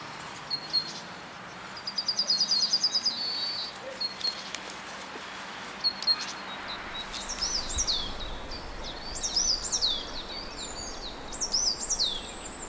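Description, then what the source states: Mixed bird song: a short high trill early, then overlapping chirps and down-slurred whistles from more than one bird against a constant hiss. Recorded at Czantoria.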